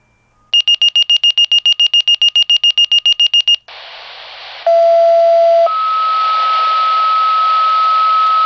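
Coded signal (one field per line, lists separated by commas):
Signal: two-tone page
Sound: fast train of high beeps, hiss, then a one-second low tone stepping to a long higher tone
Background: radio static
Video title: Saturday weekly fire pager test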